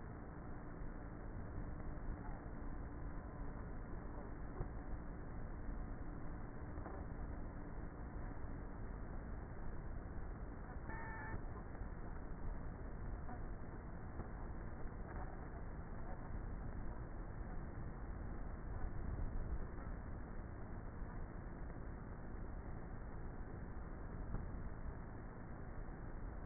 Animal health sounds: honeybee colony, microphone inside the hive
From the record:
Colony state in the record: queenless with a low population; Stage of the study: before two queens were removed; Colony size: about 30,000 bees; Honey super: no

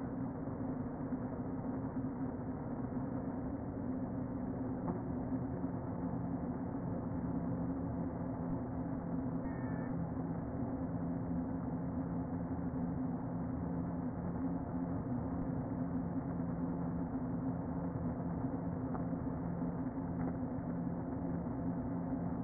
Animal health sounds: honeybee colony, microphone inside the hive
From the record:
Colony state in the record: queen present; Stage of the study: before two queens were removed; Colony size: about 60,000 bees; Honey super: yes

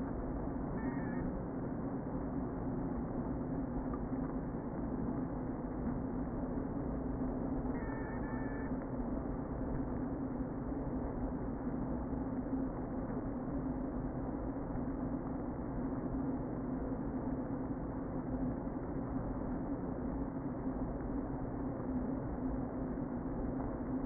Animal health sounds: honeybee colony, microphone inside the hive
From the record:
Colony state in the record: queen present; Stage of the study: before two queens were removed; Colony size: about 60,000 bees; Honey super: yes

